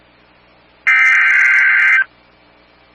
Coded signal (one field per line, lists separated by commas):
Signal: Emergency Alert System (SAME) tones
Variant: header bursts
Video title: Chaotic Hiatus Hellstorm... EAS Alerts from 5/25/20-6/3/20 (EAS #14-26)